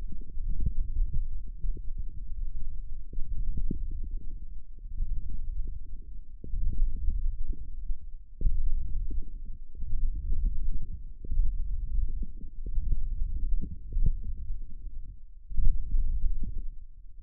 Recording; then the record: forearm muscle sounds (acoustic myography)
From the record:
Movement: hand closing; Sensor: system 1, eight BSWA MPA416 microphones around the upper forearm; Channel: 8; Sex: male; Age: 18 years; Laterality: right